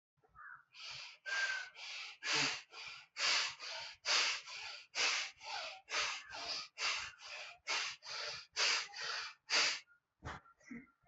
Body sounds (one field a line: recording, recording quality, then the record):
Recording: shallow breathing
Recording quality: excellent, no background noise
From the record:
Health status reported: healthy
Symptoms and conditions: none ticked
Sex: male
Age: 23 years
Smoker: not ticked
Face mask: not worn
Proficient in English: yes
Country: India